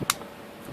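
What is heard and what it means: A metal crimp terminal on a wire is pushed into the plastic housing of a plug for a car battery voltmeter. A sharp, bright click is heard at 0.1 s, and the pin locks into the housing. Quiet low background follows, with no talk in the clip.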